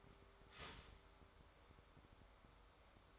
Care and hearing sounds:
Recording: daily activity, microphone in the room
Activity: start toaster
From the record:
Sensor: 3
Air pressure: 1014.7 hPa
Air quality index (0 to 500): 199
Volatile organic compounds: 25 ppm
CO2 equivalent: 2846 ppm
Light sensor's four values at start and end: 4/10/4/4 and 4/10/4/4

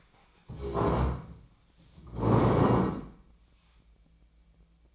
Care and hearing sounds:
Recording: daily activity, microphone in the room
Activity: stand up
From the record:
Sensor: 1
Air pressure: 1012.3 hPa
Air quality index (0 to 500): 172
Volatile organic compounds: 3 ppm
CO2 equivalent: 1416 ppm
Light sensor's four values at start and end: 48/128/53/64 and 48/129/53/65

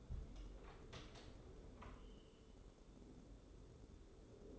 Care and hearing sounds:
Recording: daily activity, microphone in the room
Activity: open door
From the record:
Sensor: 3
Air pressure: 1015.1 hPa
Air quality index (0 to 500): 115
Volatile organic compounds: 4 ppm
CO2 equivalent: 1606 ppm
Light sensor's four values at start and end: 16/40/16/17 and 16/40/16/17

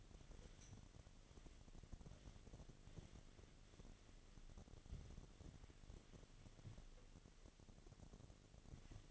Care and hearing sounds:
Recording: daily activity, microphone in the room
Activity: wipe stove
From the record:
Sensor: 4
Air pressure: 1007.8 hPa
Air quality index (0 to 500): 195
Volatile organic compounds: 7 ppm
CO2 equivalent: 1948 ppm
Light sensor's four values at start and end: 22/71/27/26 and 22/70/27/26

